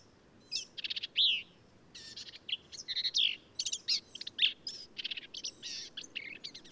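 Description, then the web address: Black-capped vireo singing a quick run of varied squeaky and buzzy phrases, one after another, over a steady low background rumble. "birdsongforthecurious songs Black-capped Vireo"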